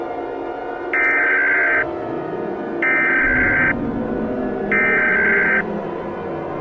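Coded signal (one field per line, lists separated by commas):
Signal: Emergency Alert System (SAME) tones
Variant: header bursts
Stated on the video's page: Simulated fictional EAS scenario.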